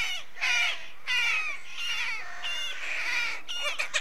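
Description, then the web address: Rooks cawing, a dense run of hoarse, grating caws overlapping almost continuously from several birds. Many rooks calling at a British rookery. "The BBC Sound Effects Library. Rookery"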